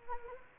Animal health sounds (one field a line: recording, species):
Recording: mosquito wingbeat signal from an infrared sensor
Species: Anopheles gambiae